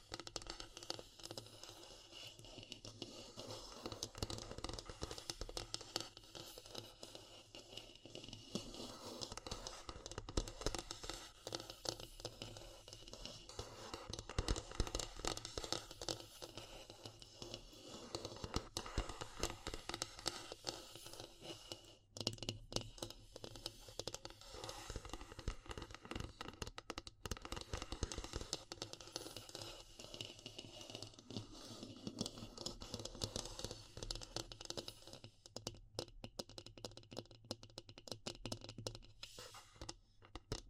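Wood, bamboo and straw are handled in a dense, continuous run of small clicks, taps and scratchy rustles, quick and irregular like typing. The level stays fairly even throughout, with brief sharper taps around 22, 27 and 36 seconds and a low steady hum underneath.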